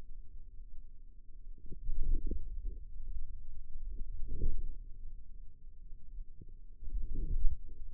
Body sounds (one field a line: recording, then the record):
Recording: forearm muscle sounds (acoustic myography)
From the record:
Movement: hand closing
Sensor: system 2, bracelet of six BSWA MPA416 microphones around the upper forearm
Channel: 3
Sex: female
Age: 22 years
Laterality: right